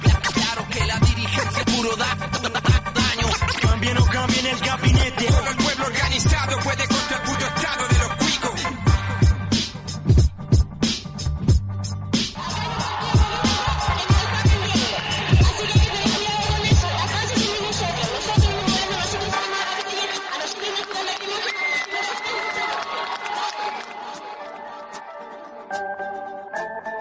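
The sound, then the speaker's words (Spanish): A new national hip hop track with a thumping, bass-heavy beat and rapped vocals over dense layered production; near the end the low end drops out, leaving thinner upper parts playing on. “Ese era … con las bases …. Un temazo que ha surgido esta semana”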